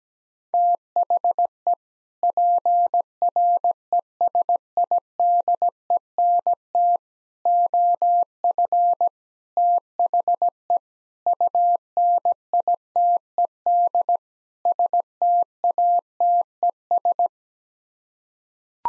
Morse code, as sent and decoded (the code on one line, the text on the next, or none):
- .... . / .--. .-. . ... .. -.. . -. - / --- ..-. / - .... . / ..- -. .. - . -.. / ... - .- - . ...
THE PRESIDENT OF THE UNITED STATES